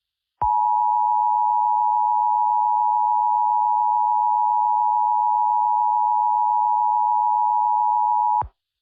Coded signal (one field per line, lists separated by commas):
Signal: Emergency Alert System (SAME) tones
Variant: 853 and 960 Hz attention tone